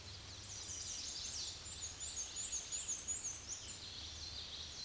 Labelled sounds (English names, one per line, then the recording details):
Black-and-white Warbler song
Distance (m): 40 m
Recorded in a Pennsylvania forest on 20 May 2023 at 06:52
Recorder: AudioMoth, point grid1_33_low
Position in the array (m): 86 m, 119 m